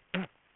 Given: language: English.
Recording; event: throat vibration sensor signal played as sound; throat clearing